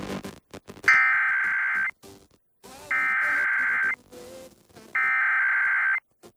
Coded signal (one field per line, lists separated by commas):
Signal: Emergency Alert System (SAME) tones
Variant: header bursts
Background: speech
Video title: EAS #722-723: 2 EAS Required Monthly Tests- Dec. 7, 2022- 12:15AM PST